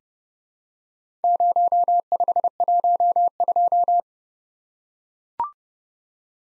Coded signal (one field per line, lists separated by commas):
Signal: Morse code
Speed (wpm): 30 wpm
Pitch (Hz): 700 Hz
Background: none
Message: 0512